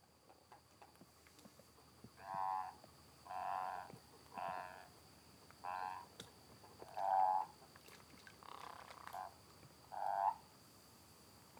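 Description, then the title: Frogs and toads: croaking in several short separate bursts of harmonic-rich calls, spaced a second or two apart, over faint background hiss. Frogs and toads calling after spring rain, near San Javier, Córdoba region, Argentina. "Orgie de batraciens, Cordoba (AR)"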